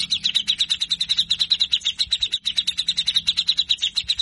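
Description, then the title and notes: Grey-cheeked bulbul delivering a continuous, buzzy rattle of rapidly repeated harsh notes throughout, with no break. Bird singing actively (gacor) in a full rough rattling style (besetan kasar) with 'ngepik' notes. "MASTERAN CUCAK JENGGOT GACOR FULL BESETAN KASAR. Masteran cucak Jenggot gacor Mbeset Ngepik. Burung cucak jenggot"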